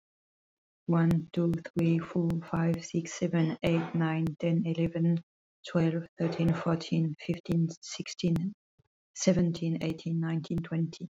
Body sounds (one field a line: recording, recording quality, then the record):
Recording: counting at a fast pace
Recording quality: excellent, no background noise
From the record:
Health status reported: healthy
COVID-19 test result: not tested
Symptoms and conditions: none ticked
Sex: female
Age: 54 years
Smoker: not ticked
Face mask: not worn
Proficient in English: yes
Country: France